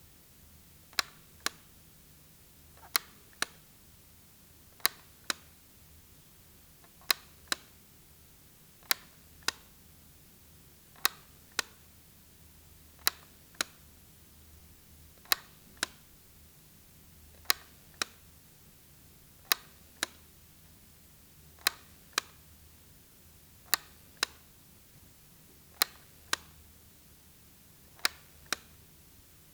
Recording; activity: daily activity, guitar pickup as the sensor; operate light